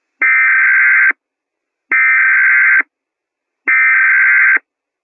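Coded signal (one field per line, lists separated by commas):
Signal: Emergency Alert System (SAME) tones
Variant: header bursts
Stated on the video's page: Fictional EAS scenario, self-made, not a real alert.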